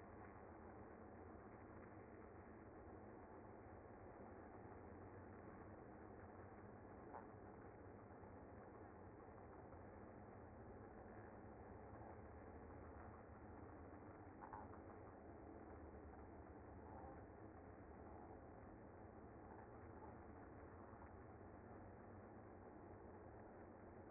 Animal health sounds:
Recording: honeybee colony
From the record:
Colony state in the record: active

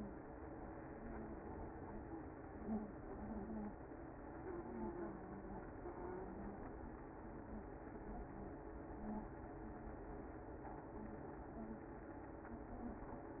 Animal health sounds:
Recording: honeybee colony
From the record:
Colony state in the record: active

